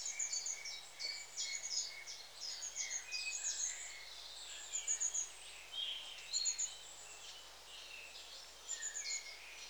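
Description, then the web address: Long-tailed tit calls: high thin see notes in short bursts and scattered buzzy trilled calls lower down. "BBC Sound Effects Library. Long Tailed TIT"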